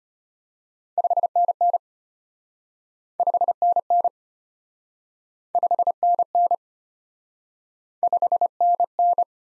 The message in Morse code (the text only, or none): 5NN 5NN 5NN 5NN